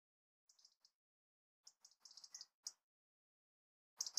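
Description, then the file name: European robin making soft, thin ticking notes in scattered little runs that grow louder toward the end, with quiet pauses between them. "Erithacus rubecula"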